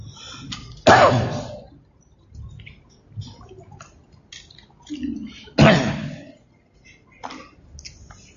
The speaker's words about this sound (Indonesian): Ini satu tahun setengah enggak batuk. Ini baru 12 hari. Biasanya batuknya enggak lama.